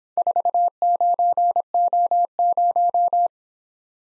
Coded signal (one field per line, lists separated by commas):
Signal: Morse code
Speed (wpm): 25 wpm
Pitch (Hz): 700 Hz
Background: none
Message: 49O0